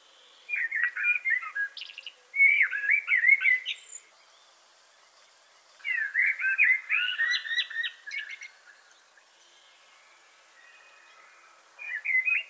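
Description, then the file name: Common blackbird song: several fluted warbling phrases ending in squeaky higher notes, with quiet gaps between phrases. "Turdus merula"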